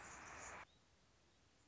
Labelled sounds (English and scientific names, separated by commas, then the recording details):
Anna's Hummingbird (Calypte anna)
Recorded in Sonoma County, California